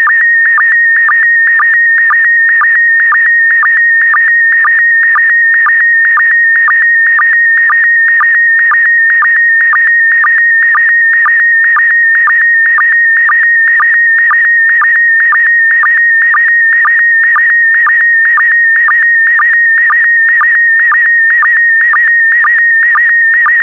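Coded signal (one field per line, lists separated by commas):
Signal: SSTV (slow-scan television)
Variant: PD120 mode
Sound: steady high warbling tone with regular short low blips about twice per second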